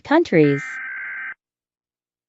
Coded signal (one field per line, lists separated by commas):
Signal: Emergency Alert System (SAME) tones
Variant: header bursts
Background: speech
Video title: Martinique eas alarm alt